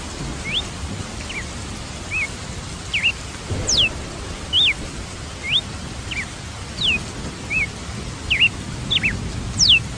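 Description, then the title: Red-cowled cardinal song of bright, brief whistles, some sharply rising, others falling or looped, delivered in a brisk irregular series. "Galo de Campina"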